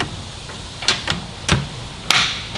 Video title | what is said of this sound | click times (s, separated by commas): Optrel Crystal 2.0 PAPR with e3000x Review and Demo | and then it clicks down in so there you go your filter is installed | 2.1 s